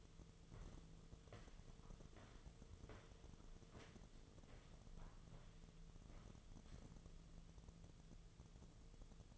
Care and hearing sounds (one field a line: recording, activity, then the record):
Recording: daily activity, microphone in the room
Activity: walk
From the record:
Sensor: 4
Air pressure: 1006.2 hPa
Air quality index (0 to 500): 89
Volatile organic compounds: 2 ppm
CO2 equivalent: 1103 ppm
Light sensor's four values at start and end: 12/28/11/10 and 12/28/11/10